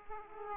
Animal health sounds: mosquito wingbeat signal from an infrared sensor; Aedes aegypti

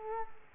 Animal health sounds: mosquito wingbeat signal from an infrared sensor; Culex quinquefasciatus

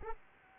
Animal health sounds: mosquito wingbeat signal from an infrared sensor; Anopheles arabiensis

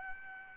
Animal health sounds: mosquito wingbeat signal from an infrared sensor; Aedes albopictus

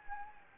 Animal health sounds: mosquito wingbeat signal from an infrared sensor; Anopheles gambiae

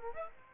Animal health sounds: mosquito wingbeat signal from an infrared sensor; Aedes aegypti

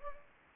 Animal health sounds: mosquito wingbeat signal from an infrared sensor; Anopheles gambiae

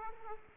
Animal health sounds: mosquito wingbeat signal from an infrared sensor; Aedes aegypti

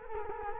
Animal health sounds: mosquito wingbeat signal from an infrared sensor; Culex quinquefasciatus

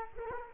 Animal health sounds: mosquito wingbeat signal from an infrared sensor; Culex quinquefasciatus

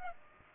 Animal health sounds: mosquito wingbeat signal from an infrared sensor; Aedes aegypti

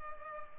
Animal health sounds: mosquito wingbeat signal from an infrared sensor; Culex pipiens

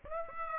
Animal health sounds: mosquito wingbeat signal from an infrared sensor; Aedes aegypti

